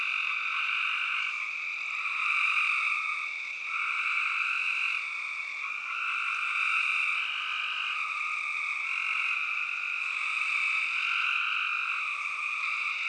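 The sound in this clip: Spring peepers calling in a dense chorus, continuous overlapping high peeps, steady throughout with slight swells.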